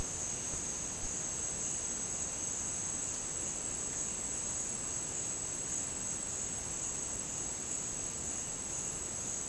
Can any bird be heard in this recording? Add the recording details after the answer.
no. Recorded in secondary vegetation near Puerto Asís, Putumayo, Colombia, on 25 June 2025 at 13:30. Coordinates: 0.484, -76.319. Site G074